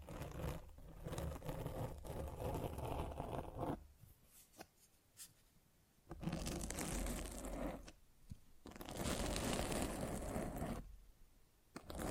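Mic scratching in rough, dense bursts of rubbing and scraping noise, with loud stretches in the first four seconds, from about 6 to 8, and from 9 to 11 seconds. Between them come quieter gaps with faint rumbling and a few sharp clicks.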